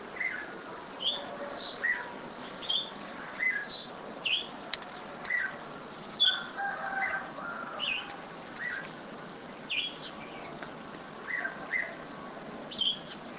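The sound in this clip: Bulbul giving soft whistled chirps at an uneven pace, roughly one note per second, higher and lower notes alternating against a low steady hiss.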